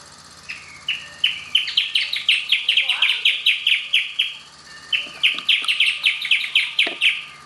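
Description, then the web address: Band-tailed hornero giving two bursts of fast, shrill, rattling notes, with a steady background hum. "Band tailed hornero. صدای پرنده هورنرو دمنواری"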